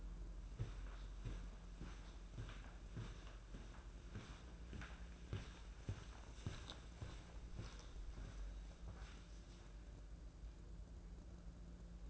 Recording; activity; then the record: daily activity, microphone in the room; walk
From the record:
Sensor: 2